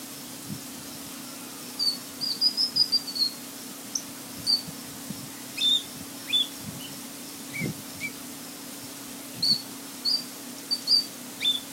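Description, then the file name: Ruby-throated bulbul producing high, clipped chirps in quick runs and spaced pairs, several brief pauses between groups, against a faint steady hum. "cucakrantemas"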